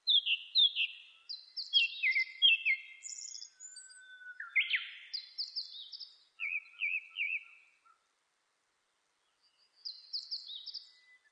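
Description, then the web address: Japanese thrush singing varied, fluty whistled phrases with quick repeated notes and short trills, phrases separated by brief pauses, a final phrase after a two-second gap. Recorded on 26 April 2006. "2006 060426 kurotugumi"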